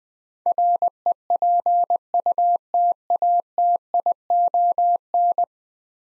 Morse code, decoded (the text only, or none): REPUTATION